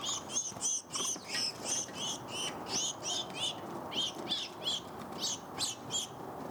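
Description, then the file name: House sparrow chirping, a steady series of loud, harsh chirps at roughly three per second, with brief gaps, over faint background hum. "Passer domesticus"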